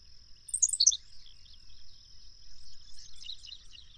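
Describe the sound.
Bird song of quick high chirps falling in pitch, followed by softer, lower twittering notes and a continuous faint high whine.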